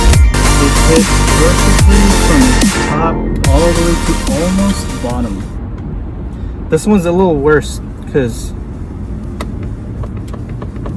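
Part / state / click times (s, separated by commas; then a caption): carbon fiber trim cover on interior door handle / partly seated / 9.4 s. A hydro-dipped carbon fiber trim cover is pressed onto the interior door handle of an F30 car while music plays and someone talks. A sharp click sounds at 9.4 s, followed by a few lighter ticks. The trim clicks but does not latch fully and stays loose.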